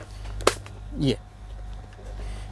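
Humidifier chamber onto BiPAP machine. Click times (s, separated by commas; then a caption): 0.5 s. A humidifier chamber is lined up against a BMC RESmart BiPAP YT-30 machine and pushed from both sides. It snaps on with a sharp click at 0.5 s and locks the two into one piece. Someone talks briefly around 1.0–1.2 s.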